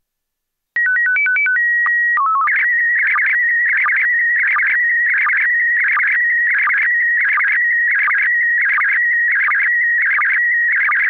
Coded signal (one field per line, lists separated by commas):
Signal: SSTV (slow-scan television)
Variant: PD 90